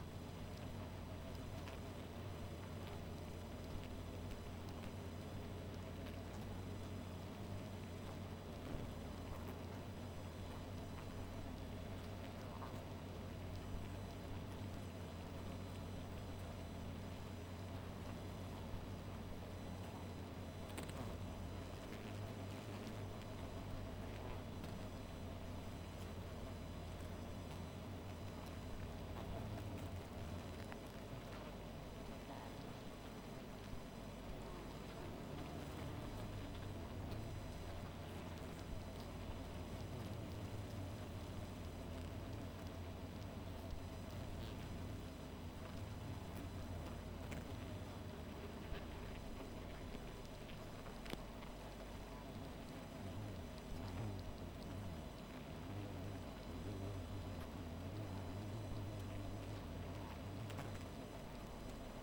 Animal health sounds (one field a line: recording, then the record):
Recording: honeybee colony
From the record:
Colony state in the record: missing queen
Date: 14 July 2017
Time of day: 1:03